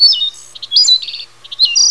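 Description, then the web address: Animal: bird song, high whistles and quick warbled phrases with short stuttered notes, in a brief passage. "animal SOUND singing"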